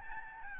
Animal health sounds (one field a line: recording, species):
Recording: mosquito wingbeat signal from an infrared sensor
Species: Aedes albopictus